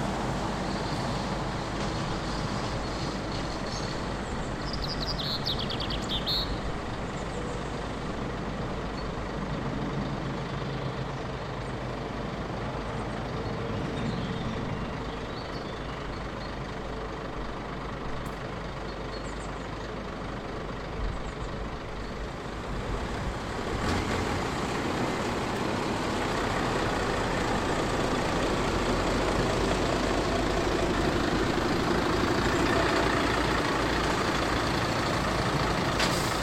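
Steady motorway service area roar of passing vehicles and idling trucks, with a brief high chirp near six seconds and heavier rumble after twenty-four.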